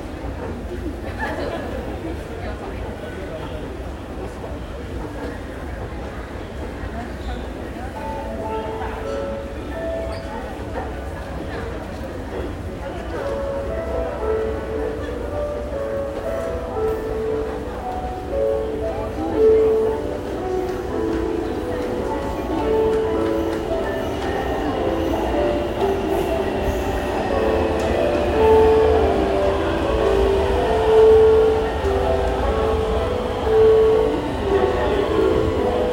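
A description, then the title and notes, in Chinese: A metro train ride, with a steady low rumble throughout and faint voices in the background. From about fifteen seconds on, a stepped musical whine from the train's motor climbs and shifts pitch as it speeds up, growing a little louder toward the end. 從台北車站搭捷運上班。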